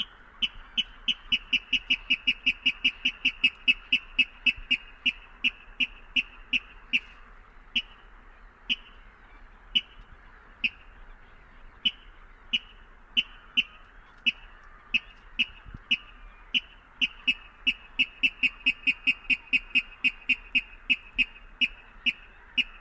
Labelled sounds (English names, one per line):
Water Rail